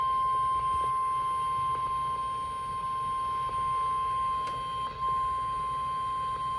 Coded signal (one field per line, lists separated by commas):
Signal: Emergency Alert System (SAME) tones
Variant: 1050 Hz attention tone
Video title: Severe Thunderstorm Warning on WXL92 || EAS 311